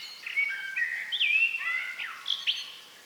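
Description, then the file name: Common blackbird song: a run of varied whistled, warbling phrases that slide up and down, with a brief pause before a final burst of fluty notes. "Turdus merula"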